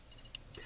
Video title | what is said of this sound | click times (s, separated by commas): Talking About Lurching Vampire | e to e listening for that click when connecting the poles together now | 0.4 s